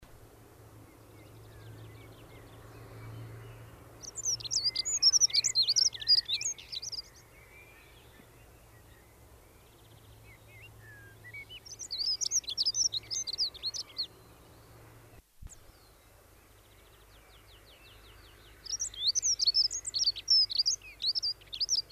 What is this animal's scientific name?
Prunella modularis